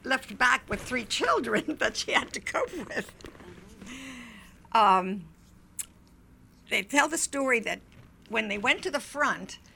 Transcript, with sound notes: left back with three children that she had to cope with. ( she laughs ) They tell the story that when they went to the front